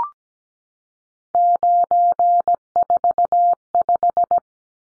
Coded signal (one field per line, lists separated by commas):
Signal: Morse code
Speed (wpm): 17 wpm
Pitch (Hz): 700 Hz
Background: none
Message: 945